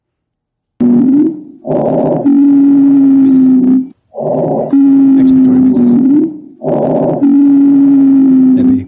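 Three breath cycles, about 24 a minute, heard over an adult chest. Each breath has a rough, airy intake followed by a long, steady, low-pitched musical tone through expiration. This is expiratory wheezing, a sign of narrowed airways, as in bronchospasm, treated with bronchodilators.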